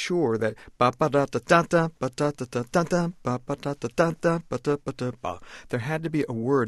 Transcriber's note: humming